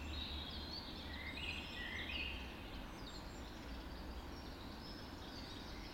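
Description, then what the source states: Dawn chorus birdsong, a few clear whistled phrases early on, then quieter chirping, with a low steady hum underneath. Dawn chorus recorded just after dawn in the Forest of Dean.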